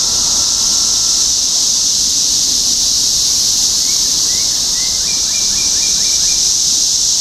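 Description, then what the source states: Cicada chorus forms an unbroken, hissing high drone, while a series of brief chirps appears in the second half. Topeka, Kansas; 14 June 2015.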